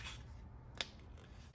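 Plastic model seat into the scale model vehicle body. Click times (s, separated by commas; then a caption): 0.8 s. A plastic seat from a scale HUMVEE model kit is pressed into the model vehicle body. Low rubbing and handling noise runs throughout, and one sharp snap at 0.8 s marks the seat clicking into place, followed by a faint tick near 1.2 s.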